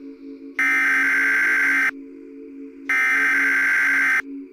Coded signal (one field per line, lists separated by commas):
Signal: Emergency Alert System (SAME) tones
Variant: header bursts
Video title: EAS Horror ( Happy Halloween )